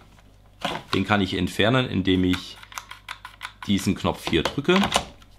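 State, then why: Not seated. Someone talks while handling the battery pack of a German Bionic Cray X exoskeleton (Version 3.1), which goes into the mount on the back frame; a few short, sharp handling clicks are heard around 2.7 to 3.5 seconds. The pack has not seated or clicked into place yet by the end of the clip.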